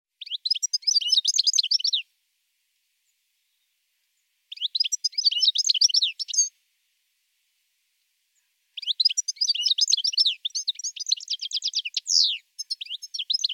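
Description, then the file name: European goldfinch singing in three long runs of fast, liquid twittering and buzzy trills, separated by pauses. "chardonneret"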